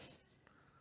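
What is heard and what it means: The locking collar of the folding spike bayonet on a Norinco Type 53 bolt-action carbine is pulled out to unlock the bayonet from its extended position so it can fold back. A short, sharp metallic hit sounds at 0.5 s as it comes free, and the bayonet latch is released.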